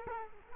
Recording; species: mosquito wingbeat signal from an infrared sensor; Culex quinquefasciatus